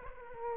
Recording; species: mosquito wingbeat signal from an infrared sensor; Aedes aegypti